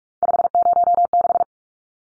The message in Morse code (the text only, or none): 506